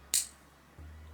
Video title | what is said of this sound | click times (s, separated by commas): Echo® Chime300 Wireless Doorbell for Hard of Hearing | until you hear the click | 0.1 s